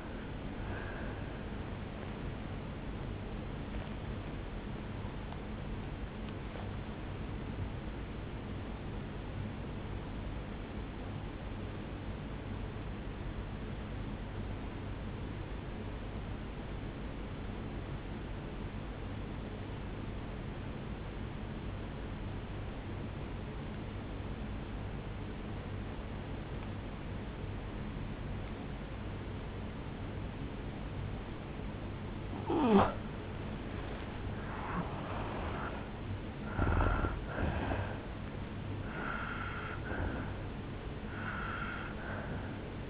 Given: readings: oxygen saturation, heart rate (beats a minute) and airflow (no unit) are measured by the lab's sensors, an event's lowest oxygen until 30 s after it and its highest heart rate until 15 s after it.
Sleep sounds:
breathing in sleep by a voice recorder at the bedside; 1
10.00-33.40 s: obstructive apnea (N1, oxygen 96% highest, then 86% lowest, heart rate 60 at the start, 76 highest)
From the record:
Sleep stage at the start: N1 (lightest sleep); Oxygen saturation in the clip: 86 to 96%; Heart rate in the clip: 59 to 77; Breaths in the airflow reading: 4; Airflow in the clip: -9.3 to 7.8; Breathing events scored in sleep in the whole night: 449 in 7.0 hours asleep

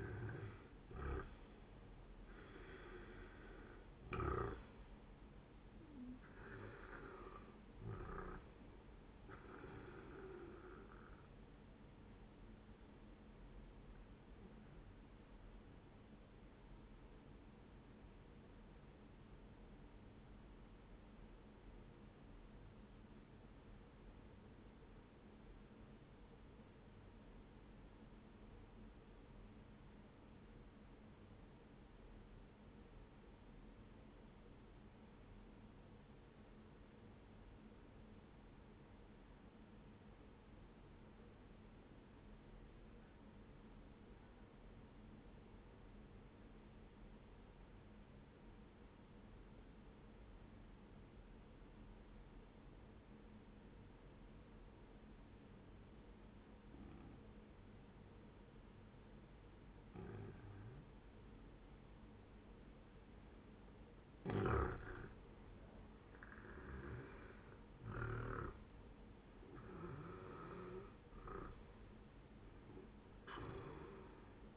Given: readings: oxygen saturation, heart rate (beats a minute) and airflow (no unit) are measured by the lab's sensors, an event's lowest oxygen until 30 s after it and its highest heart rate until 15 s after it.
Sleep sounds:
breathing in sleep by a voice recorder at the bedside; 1
15.00-45.00 s: new sleep stage, N1 (lightest sleep)
17.00-65.00 s: obstructive apnea (N1, oxygen 98% highest, then 90% lowest, heart rate 71 at the start, 80 highest)
45.00-74.57 s: new sleep stage, N2 (light sleep)
From the record:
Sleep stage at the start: N2 (light sleep); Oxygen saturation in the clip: 90 to 98%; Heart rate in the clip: 62 to 79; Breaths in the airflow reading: 7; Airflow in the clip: -11.7 to 13.6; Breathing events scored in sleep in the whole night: 131 in 7.2 hours asleep

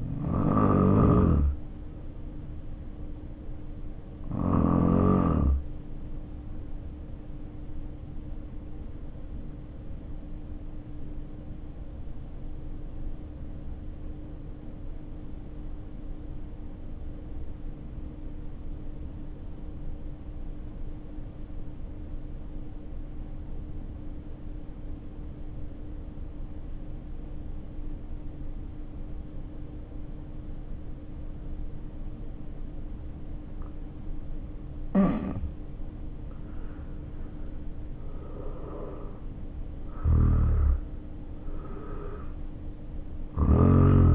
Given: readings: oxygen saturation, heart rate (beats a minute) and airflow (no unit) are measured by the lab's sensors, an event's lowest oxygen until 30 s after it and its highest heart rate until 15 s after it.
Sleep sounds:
breathing in sleep by a smartphone at the bedside; 1
8.00-36.30 s: hypopnea (N2, oxygen 94% highest, then 74% lowest, heart rate 58 at the start, 74 highest)
From the record:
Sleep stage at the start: N2 (light sleep); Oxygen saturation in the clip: 78 to 94%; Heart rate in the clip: 54 to 74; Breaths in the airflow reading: 6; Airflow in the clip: -5.3 to 6.4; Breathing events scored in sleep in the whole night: 520 in 7.2 hours asleep

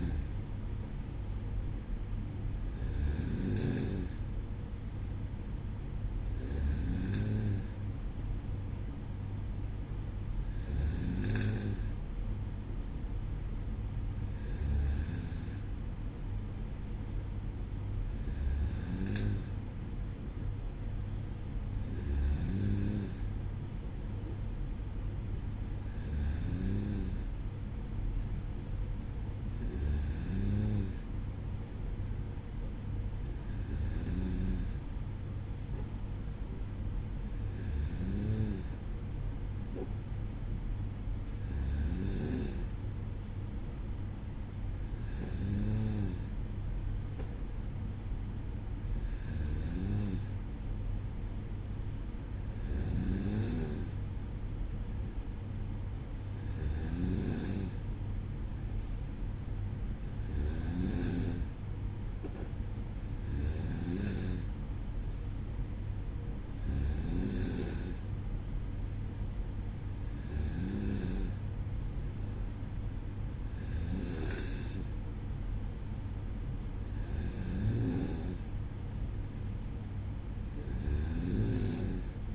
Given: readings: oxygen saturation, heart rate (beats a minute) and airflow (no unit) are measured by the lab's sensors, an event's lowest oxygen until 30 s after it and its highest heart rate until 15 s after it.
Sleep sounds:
breathing in sleep by a smartphone at the bedside; none
none scored
From the record:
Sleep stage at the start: N2 (light sleep); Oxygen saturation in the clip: 93 to 95%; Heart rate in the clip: 55 to 58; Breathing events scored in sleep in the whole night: 305 in 9.6 hours asleep

